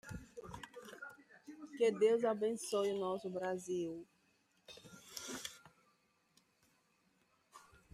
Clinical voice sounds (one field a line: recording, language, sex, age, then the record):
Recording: short text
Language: Brazilian Portuguese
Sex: female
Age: 30 to 39 years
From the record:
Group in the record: control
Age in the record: 38 years